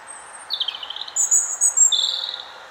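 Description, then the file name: European robin song: a thin high whistle, then a quick descending twittery phrase, followed by thin high drawn-out notes, over faint steady hiss. "Erithacus rubecula"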